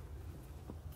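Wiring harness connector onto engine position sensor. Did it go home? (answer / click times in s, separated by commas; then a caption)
no / none. A wiring harness plug is handled at a newly installed crankshaft/camshaft position sensor on an engine, ready to be pushed onto it. A steady low rumble fills the clip, with a faint brief tap near 0.7 s. Nothing has seated or clicked yet.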